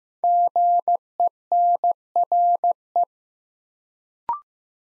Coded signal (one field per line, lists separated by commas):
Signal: Morse code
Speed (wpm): 15 wpm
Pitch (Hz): 700 Hz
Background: none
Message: GENRE